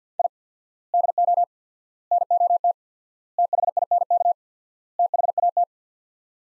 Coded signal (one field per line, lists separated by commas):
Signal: Morse code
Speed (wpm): 47 wpm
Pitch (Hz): 700 Hz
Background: none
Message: I DO NOT THINK THAT